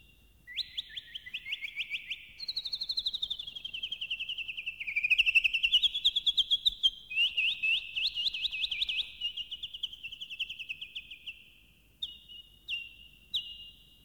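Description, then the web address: Bird song: rolling trills and rapid repeated phrases that rise and fall in pitch, ending in three short flat whistled notes. "animali uccelli uccelli birds"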